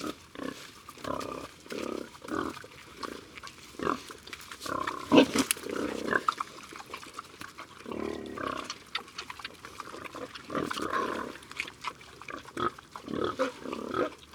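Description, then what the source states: Pigs squealing and grunting in short, overlapping bursts, with clatter and scraping sounds throughout. Pigs at feeding time, Silhac, Ardèche.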